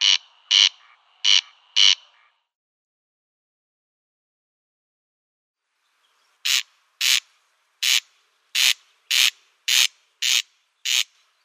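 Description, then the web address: Corn crake rasping crex-crex calls, four harsh bursts, several seconds of silence, then a steady run of paired grating notes. Display call. "Schulze Peter Corn Crake display"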